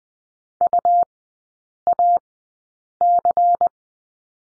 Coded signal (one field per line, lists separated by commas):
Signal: Morse code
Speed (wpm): 20 wpm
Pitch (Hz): 700 Hz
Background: none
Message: UAC